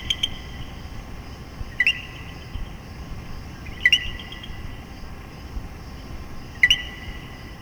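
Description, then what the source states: Common coquí calling a two-note co-qui, a short low note jumping to a higher one, several times over a steady background drone. Puerto Rico.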